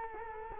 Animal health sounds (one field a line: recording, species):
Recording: mosquito wingbeat signal from an infrared sensor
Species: Culex quinquefasciatus